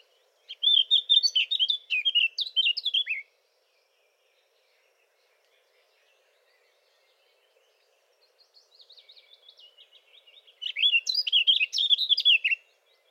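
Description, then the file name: Eurasian blackcap song: a fast high warbling phrase, a pause, a soft quiet twittering run, then another loud jumbled warble. "Sylvia atricapilla"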